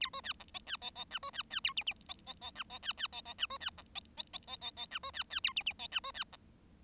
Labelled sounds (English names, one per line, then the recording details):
Bengalese Finch song
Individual Bird7